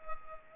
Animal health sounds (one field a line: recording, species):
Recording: mosquito wingbeat signal from an infrared sensor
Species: Culex pipiens